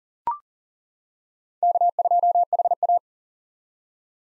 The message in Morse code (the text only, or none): K2HA